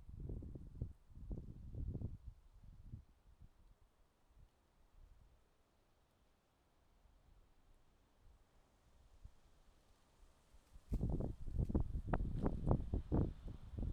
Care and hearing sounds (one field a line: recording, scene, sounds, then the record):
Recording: everyday scene through a hearing-aid microphone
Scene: wind on the microphone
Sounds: wind, traffic, birds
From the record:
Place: suburban garden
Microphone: in the ear canal, left